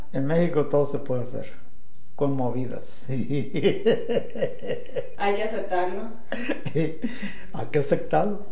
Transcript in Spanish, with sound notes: En México todo se puede hacer con movidas, sí. (risas)
Hay que aceptarlo.
Sí. Hay que aceptarlo.